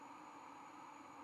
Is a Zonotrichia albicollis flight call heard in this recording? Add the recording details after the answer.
no. No flight call is heard. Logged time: 23:20 on 23 November 2014